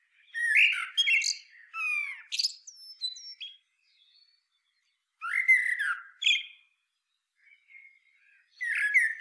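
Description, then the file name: Eurasian blackbird song: rich fluty phrases each ending in thin, scratchy high twittering, with pauses of one to two seconds between phrases and faint soft notes in the gaps. "Turdus merula"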